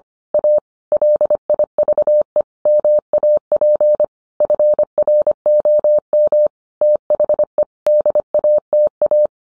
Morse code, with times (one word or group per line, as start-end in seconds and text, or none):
0.3-0.6 A
0.9-2.4 LIVE
2.7-4.0 MAP
4.4-6.5 FROM
6.8-7.6 THE
7.9-9.3 DATA